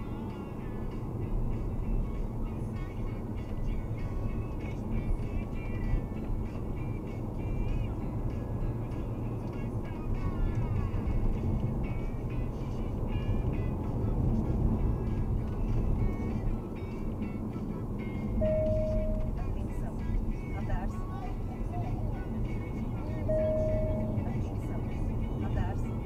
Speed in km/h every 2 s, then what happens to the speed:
61, 60, 60, 61, 64, 65, 68, 65, 61, 57, 58, 61, 62.
0-5 steady at about 60. 5-11 speeds up to 68. 11-18 slows to 57.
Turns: none.